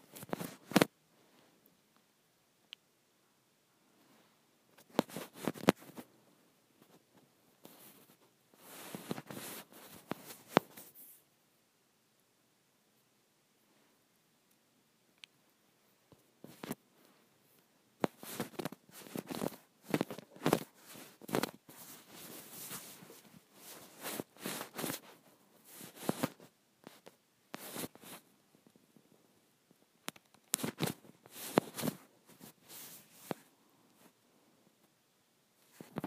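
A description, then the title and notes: Acrylic nails tap and scratch in quick, crisp clusters. Bursts of rapid clicking come and go, with silent gaps near 3 and 12–16 seconds and denser, busier tapping from about 17 to 35 seconds. ASMR Acrylic Nails.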